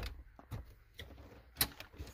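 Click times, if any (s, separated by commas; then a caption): 1.6 s. A replacement radio head unit is pushed into the dashboard opening of a VW Touareg, with a series of light knocks and scrapes. The loudest click comes at 1.6 s, but the unit has clicked only part way and is not fully seated in the dash.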